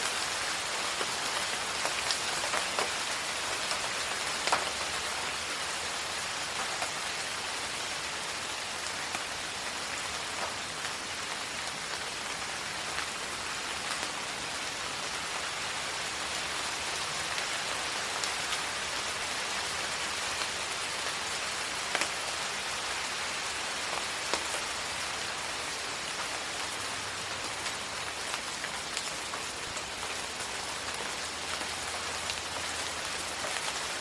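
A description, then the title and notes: Light rain drizzles steadily outside, a dense, even hiss with fine drops pattering throughout. Occasional slightly louder taps stand out every few seconds, and a faint low rumble sits underneath at times. Light Rain Sound. A calming rain drizzles outside.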